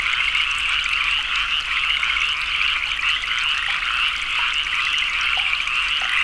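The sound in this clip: Frogs croaking in a steady crowded chorus, quick repeated pulses merging into a constant trill that never pauses.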